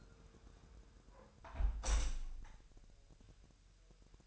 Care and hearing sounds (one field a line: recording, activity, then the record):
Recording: daily activity, microphone in the room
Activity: close window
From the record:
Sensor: 2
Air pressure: 999.8 hPa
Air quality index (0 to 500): 222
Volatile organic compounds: 52 ppm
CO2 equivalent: 3321 ppm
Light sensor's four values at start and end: 8/20/8/8 and 8/19/8/8